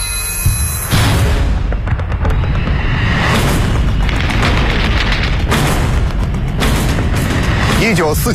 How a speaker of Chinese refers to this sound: 1949年5月23日夜，上海江湾机场的跑道上，几架飞机随时候命起飞。不远处，隆隆的炮声阵阵传来。